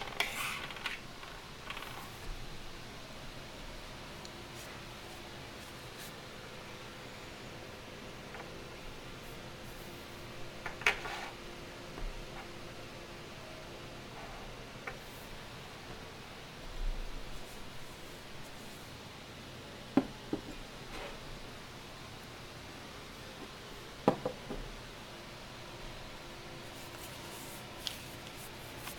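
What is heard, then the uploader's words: Candle dressing with soft, steady shuffling and rustling over a low hiss, broken by a few sharp clicks near 11, 20 and 24 seconds. Candle dressing, shuffling, and cutting sounds.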